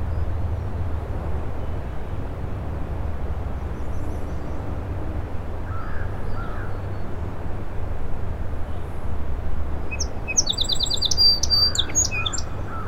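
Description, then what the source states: Song sparrow song arrives near the end: sharp introductory notes leading into a rapid trill, preceded by quiet faint chirps and a steady low rumble. In a shrub on the causeway to Little Moose Island; morning, 07:02, 21 June 2017; mostly sunny, 60 degrees, incoming tide; Fostex FR2 recorder with Sennheiser ME 64 microphone; trimmed and levelled.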